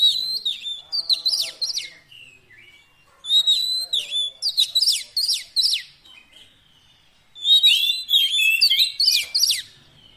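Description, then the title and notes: Oriental magpie-robin delivering loud, choppy phrases of whistles and harsh chirps in three groups, with a brief lower, nasal note early on. Long-duration fill-in song track meant to make the magpie-robin sing actively day and night. "Kacer Jadi Gacor Siang Malam. Isian Kacer Durasi Panjang"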